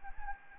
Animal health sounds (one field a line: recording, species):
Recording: mosquito wingbeat signal from an infrared sensor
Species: Anopheles gambiae